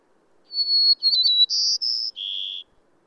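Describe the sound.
Bird giving a clean whistled phrase: one drawn-out high note, a rapid warbled twitter, two strong bright notes, and a slightly lower final whistle.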